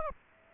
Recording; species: mosquito wingbeat signal from an infrared sensor; Aedes aegypti